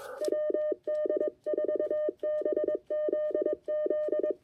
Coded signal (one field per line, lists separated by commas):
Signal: Morse code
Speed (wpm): 22 wpm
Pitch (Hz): 610 Hz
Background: none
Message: WD4BZZ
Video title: One Watt and a Wire! QRPp POTA at Clemmons Educational State Forest!